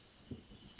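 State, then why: Seated. The plastic lower leg section of a Transformers Universe Deluxe Galvatron figure is turned around so the silver points out, and its threaded section is slid forward. A soft low thump is heard around 0.3 s over faint background hiss. The part snaps into its locked position with a sharp, very loose click at 0.8 s.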